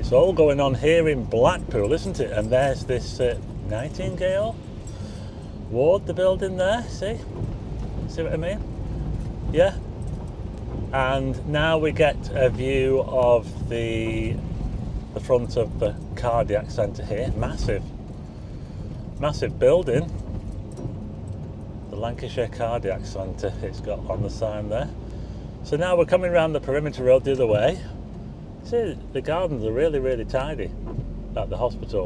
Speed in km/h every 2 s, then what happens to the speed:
34, 32, 31, 31, 35, 37, 39, 35, 32, 29, 29, 29, 31, 32, 29, 26.
0-6 steady at about 31. 6-12 speeds up to 39. 12-18 slows to 29. 18-26 steady at about 29. 26-32 slows to 26.